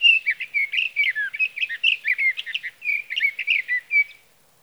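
Sage Thrasher song, a rapid rambling series of warbled and slurred phrases, continuous for about four seconds before stopping.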